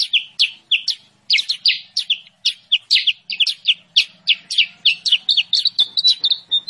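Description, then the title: Sooty-headed bulbul producing quick bursts of sharp chirps that run into a faster twittering trill, with a faint low hum underneath. Lure and training recording of sooty-headed bulbul song, used to attract birds for trapping and to tutor caged songbirds. "Masteran Kutilang Sutra. suara pikat burung kutilang sutra"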